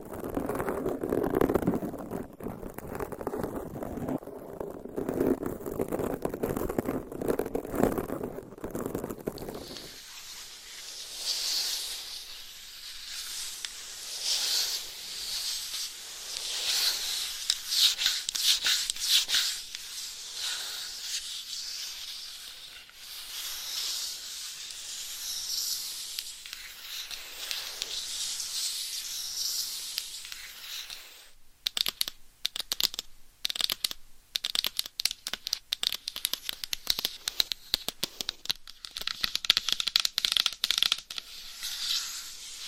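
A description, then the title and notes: Scratching and rubbing sounds fill the recording. For the first ten seconds a fuller, lower rubbing dominates, then it gives way to bright, dense, hissy scratching, and from about 31 seconds quick irregular taps and scrapes break the texture into short bursts. Changing Triggers Every 30 Seconds Scratching , Tapping , Massage & More No Talking.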